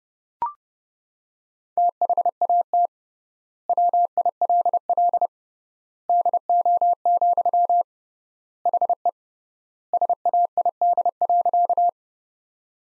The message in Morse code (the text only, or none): THAT WILL DO, HE SAID.